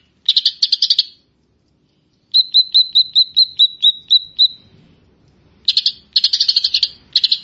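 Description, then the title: Grey-cheeked bulbul song: short bursts of rapid buzzy trilled notes, then a run of about ten clear whistled notes, followed by more buzzy chattering bursts. "Kicau Burung Cucak Jenggot"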